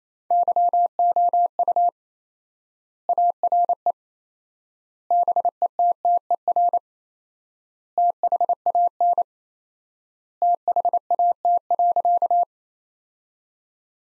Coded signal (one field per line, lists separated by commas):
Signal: Morse code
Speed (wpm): 28 wpm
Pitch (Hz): 700 Hz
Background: none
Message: YOU ARE BETTER THAN THAT.